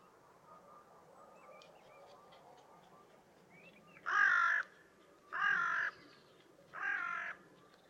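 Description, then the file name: Carrion crow giving three harsh, hoarse caws after a quiet start. "Corvus corone"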